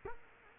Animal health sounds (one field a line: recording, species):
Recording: mosquito wingbeat signal from an infrared sensor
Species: Culex quinquefasciatus